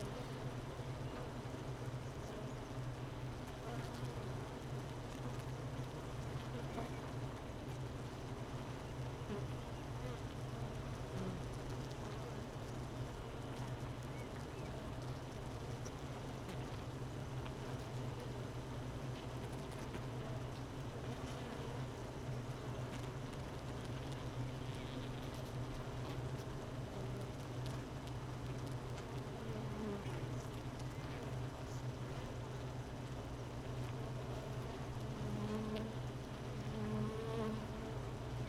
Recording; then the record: honeybee colony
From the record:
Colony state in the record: missing queen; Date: 31 May 2018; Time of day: 13:04